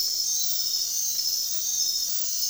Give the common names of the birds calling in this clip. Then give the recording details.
none. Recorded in dense forest near Puerto Asís, Putumayo, Colombia, on 18 February 2024 at 03:30. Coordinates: 0.466, -76.327. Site G6413